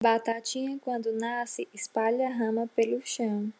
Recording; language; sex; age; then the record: short text; Brazilian Portuguese; female; 20 to 29 years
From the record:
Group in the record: control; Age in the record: 21 years